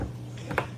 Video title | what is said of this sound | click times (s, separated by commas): Milwaukee PACKOUT 3 piece tool box low profile handle UNBOXING and REVIEW! | So I leave it here first, and then I pull it till it clips. You heard that? | 0.6 s